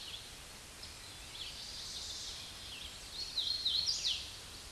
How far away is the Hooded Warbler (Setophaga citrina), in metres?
about 40 m